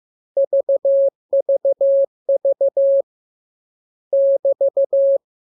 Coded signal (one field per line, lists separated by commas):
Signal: Morse code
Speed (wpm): 15 wpm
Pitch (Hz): 550 Hz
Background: none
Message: VVV <BT>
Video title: Learning Morse Code. Lesson 31. Letter KMURESNAPTLWI.JZ=FOY,VG5/Q92H38B